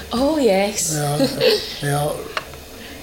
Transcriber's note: laughs